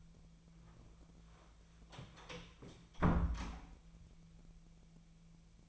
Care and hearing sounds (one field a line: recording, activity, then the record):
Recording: daily activity, microphone in the room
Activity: close door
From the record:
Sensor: 1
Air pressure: 1000.5 hPa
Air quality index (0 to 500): 184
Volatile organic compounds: 4 ppm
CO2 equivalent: 1698 ppm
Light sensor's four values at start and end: 12/29/12/14 and 12/28/12/13